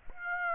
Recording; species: mosquito wingbeat signal from an infrared sensor; Aedes aegypti